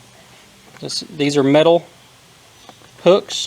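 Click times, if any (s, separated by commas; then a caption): none. Someone talks while handling the metal spring hook clips on the lid of an XK8 air intake filter box; the clips are hooked over the lip and pushed down until they snap closed. Two short hits are heard between the speech. Nothing has seated or clicked yet.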